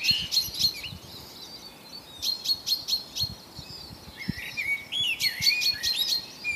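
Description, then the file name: Common chaffinch giving sharp, clipped calls in several rapid groups, with some lower sliding whistles. "Fringilla coelebs"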